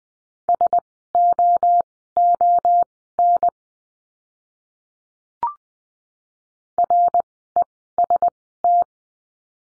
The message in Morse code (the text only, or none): SOON REST